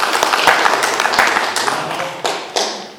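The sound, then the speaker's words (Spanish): A crowd at a District 9 statutory congress in Achocalla applauds the Urban Limits Commission with dense, rapid clapping that is fairly loud and steady, then thins out into a few scattered claps before fading near the end. “Un aplauso, hermanos, para la Comisión de Límites Urbanos.”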